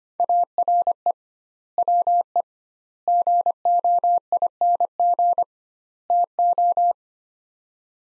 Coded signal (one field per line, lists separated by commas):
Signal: Morse code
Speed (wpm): 25 wpm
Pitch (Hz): 700 Hz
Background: none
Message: ARE WE GOING TO